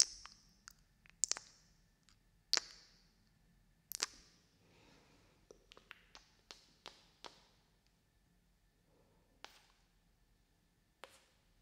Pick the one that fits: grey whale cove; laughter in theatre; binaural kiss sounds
binaural kiss sounds